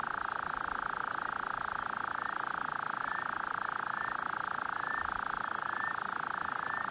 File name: Caprimulgus rufigena, roep van grondpad, Bellary-gasteplaas, Vredefort